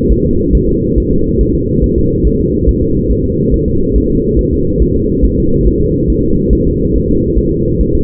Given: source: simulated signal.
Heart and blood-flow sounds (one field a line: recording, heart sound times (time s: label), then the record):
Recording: fetal heart sounds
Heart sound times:
0.12 s: S1
0.26 s: S2
0.55 s: S1
0.69 s: S2
0.98 s: S1
1.12 s: S2
1.41 s: S1
1.55 s: S2
1.84 s: S1
1.98 s: S2
2.27 s: S1
2.41 s: S2
2.69 s: S1
2.83 s: S2
3.12 s: S1
3.25 s: S2
3.54 s: S1
3.68 s: S2
3.96 s: S1
4.10 s: S2
4.39 s: S1
4.53 s: S2
4.82 s: S1
4.96 s: S2
5.25 s: S1
5.39 s: S2
5.67 s: S1
5.81 s: S2
6.10 s: S1
6.24 s: S2
6.53 s: S1
6.67 s: S2
6.96 s: S1
7.10 s: S2
7.38 s: S1
7.52 s: S2
7.81 s: S1
7.95 s: S2
From the record:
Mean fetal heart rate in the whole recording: 140 bpm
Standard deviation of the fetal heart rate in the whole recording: 2 bpm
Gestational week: 34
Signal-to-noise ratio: -15.3 dB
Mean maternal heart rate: 72 bpm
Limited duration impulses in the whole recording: present